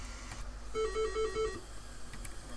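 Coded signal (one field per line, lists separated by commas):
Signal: none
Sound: a ringtone's beeps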